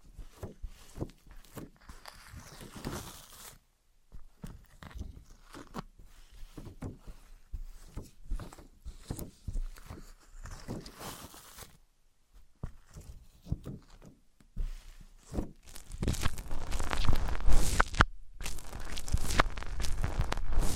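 Materials struck and rubbed against each other: wood against cork, sponge against foam, glass against plastic. Sharp knocks and taps come in irregular clusters with short silent gaps near 4 and 12 seconds, then a denser, louder stretch of scraping and rattling from about 16 seconds on.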